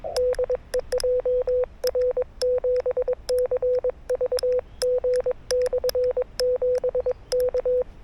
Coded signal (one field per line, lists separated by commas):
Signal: Morse code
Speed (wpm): 22 wpm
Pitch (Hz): 500 Hz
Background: none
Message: DE JR7CVG/7 K